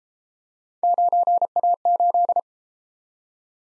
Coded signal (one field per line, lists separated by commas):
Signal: Morse code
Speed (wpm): 33 wpm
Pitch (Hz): 700 Hz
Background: none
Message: 9A8